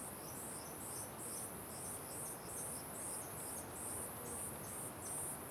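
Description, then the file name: Crickets chirping in high, rapid pulsed bursts, a softer second chirp beneath, over a constant roar of strong wind. Ambience with strong wind and crickets at the Simão Correa waterfall. "Ambiencia com Vento Forte Passaros e Grilos na Cachoeira Simao Correa"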